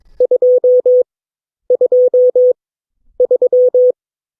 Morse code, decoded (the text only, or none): 223